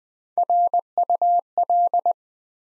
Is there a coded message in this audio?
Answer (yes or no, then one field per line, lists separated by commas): yes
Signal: Morse code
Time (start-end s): 0.4-2.1 s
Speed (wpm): 20 wpm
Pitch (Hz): 700 Hz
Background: none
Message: RUL